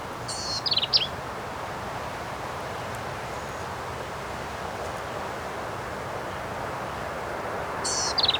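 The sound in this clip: Black-capped vireo song: a rapid, high, scratchy phrase at the start and another at the end, with a long quiet stretch of hiss between.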